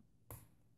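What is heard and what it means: The second antenna cable connector is pushed down onto its socket on a laptop wireless AC WiFi card with Bluetooth. It snaps into place with a single sharp pop at 0.3 s. The connector is confirmed seated.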